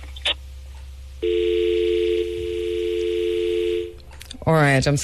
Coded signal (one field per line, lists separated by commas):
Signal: telephone call progress tone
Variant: North America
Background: speech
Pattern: dial tone